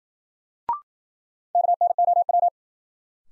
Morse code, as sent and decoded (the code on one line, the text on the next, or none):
-.- -. --- .--
KNOW